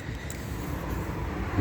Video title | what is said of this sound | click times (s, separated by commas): 2019-Burstner Lyseo TD 736H Instructional Video | but it is just one single key to open all the external areas, and you'll hear the defined click. | 0.3 s